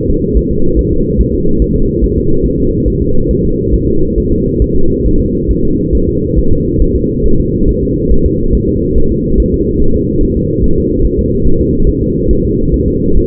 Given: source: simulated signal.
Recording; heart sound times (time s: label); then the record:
fetal heart sounds
0.10 s: S2
0.37 s: S1
0.51 s: S2
0.79 s: S1
0.93 s: S2
1.20 s: S1
1.34 s: S2
1.62 s: S1
1.76 s: S2
2.04 s: S1
2.18 s: S2
2.46 s: S1
2.60 s: S2
2.88 s: S1
3.02 s: S2
3.31 s: S1
3.45 s: S2
3.74 s: S1
3.88 s: S2
4.18 s: S1
4.32 s: S2
4.62 s: S1
4.76 s: S2
5.06 s: S1
5.20 s: S2
5.51 s: S1
5.65 s: S2
5.95 s: S1
6.09 s: S2
6.39 s: S1
6.53 s: S2
6.82 s: S1
6.96 s: S2
7.26 s: S1
7.40 s: S2
7.69 s: S1
7.83 s: S2
8.12 s: S1
8.26 s: S2
8.55 s: S1
8.69 s: S2
8.98 s: S1
9.12 s: S2
9.40 s: S1
9.54 s: S2
9.82 s: S1
9.96 s: S2
10.23 s: S1
10.37 s: S2
10.64 s: S1
10.78 s: S2
11.05 s: S1
11.19 s: S2
11.47 s: S1
11.61 s: S2
11.89 s: S1
12.03 s: S2
12.31 s: S1
12.45 s: S2
12.74 s: S1
12.88 s: S2
13.17 s: S1
From the record:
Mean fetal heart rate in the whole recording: 140 bpm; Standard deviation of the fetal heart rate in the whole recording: 2 bpm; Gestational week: 34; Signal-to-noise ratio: -17.7 dB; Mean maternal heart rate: 72 bpm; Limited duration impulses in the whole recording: present